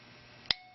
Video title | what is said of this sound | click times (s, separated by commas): رله الترونیکی , رله SSR , رله حالت جامد کرایدوم Crydom | okay and the idea is that what you do is you'll crimp it down until that latch finally releases you can hear it | 0.5 s